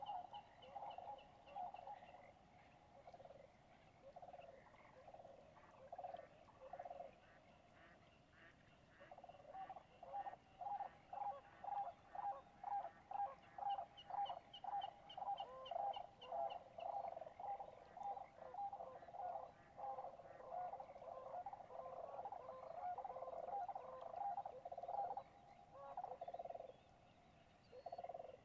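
Waterfowl call in rapid, repeated croaking notes, starting in short bursts and becoming a dense, steady stream from about nine seconds almost to the end. Fainter, higher chirps of songbirds drift above at times, over a soft constant hiss.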